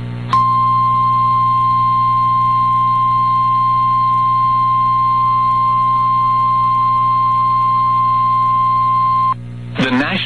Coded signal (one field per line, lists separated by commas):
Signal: Emergency Alert System (SAME) tones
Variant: 1050 Hz attention tone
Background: speech